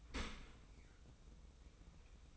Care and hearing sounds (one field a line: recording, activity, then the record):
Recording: daily activity, microphone in the room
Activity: open dishwasher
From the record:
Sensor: 1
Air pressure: 990.5 hPa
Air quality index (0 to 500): 177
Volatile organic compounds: 1000 ppm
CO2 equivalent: 6537 ppm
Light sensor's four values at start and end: 26/61/26/28 and 26/61/26/28